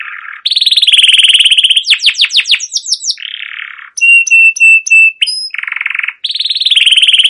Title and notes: CUIT CUIT NGEROL LANGSUNG GACOR PANJANG Kenari Ini Utk Pancingan KENARI PAUD BELAJAR BUNYI. burung kenari